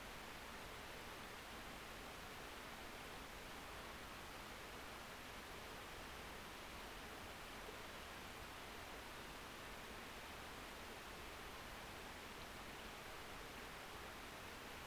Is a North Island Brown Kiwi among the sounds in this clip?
no